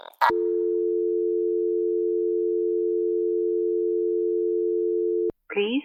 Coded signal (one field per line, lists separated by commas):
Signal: telephone call progress tone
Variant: North America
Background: speech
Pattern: dial tone